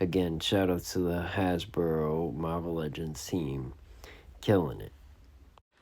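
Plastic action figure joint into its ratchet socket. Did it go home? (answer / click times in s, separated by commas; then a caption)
yes / 5.6 s. Someone talks while moving a joint on a large plastic Hasbro Marvel Legends Haslab Galactus action figure, working it into its ratcheting socket. As the speech fades, a short, faint click is heard at 5.6 s as the joint clicks back into place and seats.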